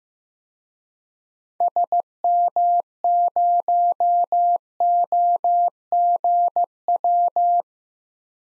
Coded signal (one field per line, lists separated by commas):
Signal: Morse code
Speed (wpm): 15 wpm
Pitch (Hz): 700 Hz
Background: none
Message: SM0OGW